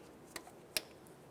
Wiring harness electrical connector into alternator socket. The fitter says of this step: continue on to your wiring harness we'll press this in listen for a click